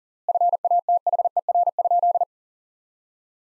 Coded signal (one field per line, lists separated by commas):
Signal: Morse code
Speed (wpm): 40 wpm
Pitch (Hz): 700 Hz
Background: none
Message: FATHER?